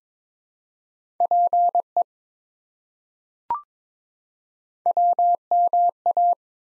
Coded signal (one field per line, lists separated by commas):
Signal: Morse code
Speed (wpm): 22 wpm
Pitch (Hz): 700 Hz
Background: none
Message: PE WMA